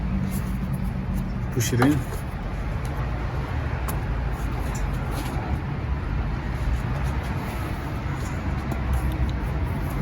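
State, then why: Not seated. The small red plastic locking tab on the alternator connector of a 2006–2008 Ford Ranger 3.0 is handled to push it into the plug and secure it, while someone talks over a steady low rumble. Nothing has seated or clicked yet.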